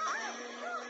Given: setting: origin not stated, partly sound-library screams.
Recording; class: one-second piece from a danger detection set; woman in danger